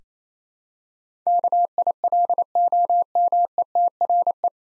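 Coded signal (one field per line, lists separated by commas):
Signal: Morse code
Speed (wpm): 28 wpm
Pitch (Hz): 700 Hz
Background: none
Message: KILOMETRE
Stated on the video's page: Morse head-copy drill of nine-letter words at 28 wpm, each word sent, spoken, then sent again.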